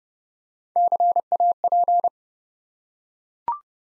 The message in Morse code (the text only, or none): CAP